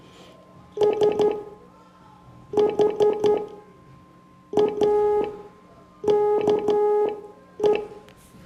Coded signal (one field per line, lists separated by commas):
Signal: Morse code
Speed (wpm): 11 wpm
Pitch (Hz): 420 Hz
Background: none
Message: SHAKE